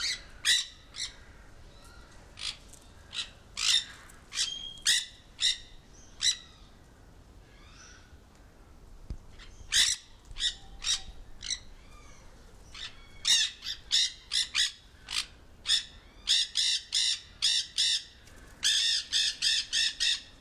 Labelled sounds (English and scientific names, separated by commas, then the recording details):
Nanday Parakeet (Nandayus nenday) call
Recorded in captivity
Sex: group
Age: adult
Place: Zoo Berlin, Berlin, DE
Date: 1997-09-16 15:56
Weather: heiter - wolkig, ca. 23°C
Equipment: Sony MD-WM MZ-R3, Sennheiser ME 80, Kopie Uher 4000 Report Monitor
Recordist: Tembrock, Günter